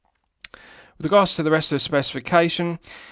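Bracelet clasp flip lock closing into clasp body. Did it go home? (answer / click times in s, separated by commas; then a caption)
yes / 0.5 s. The stainless steel flip-lock clasp on the bracelet of a Pagani Design PD-1662 GMT watch snaps shut into the clasp body, giving a sharp, positive click followed immediately by a secondary click from the flip lock, both at about 0.5 s. The clasp is seated and locked, and then someone talks.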